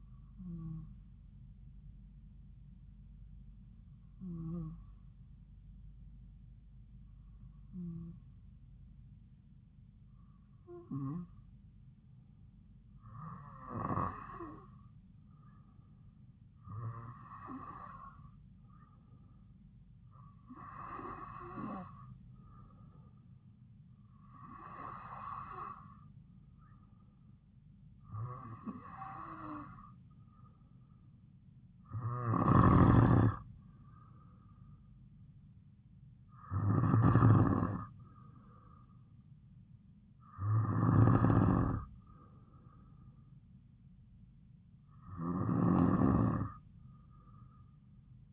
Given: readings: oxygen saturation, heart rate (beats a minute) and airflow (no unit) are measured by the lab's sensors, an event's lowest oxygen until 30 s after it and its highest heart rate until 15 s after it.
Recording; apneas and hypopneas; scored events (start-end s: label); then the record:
breathing in sleep by a smartphone at the bedside; 1
3.00-21.20 s: hypopnea (N2, oxygen 96% highest, then 92% lowest)
From the record:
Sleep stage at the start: N2 (light sleep); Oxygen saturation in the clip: 92 to 96%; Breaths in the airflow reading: 13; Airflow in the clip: -3.9 to 3.9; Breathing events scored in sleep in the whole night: 270 in 6.1 hours asleep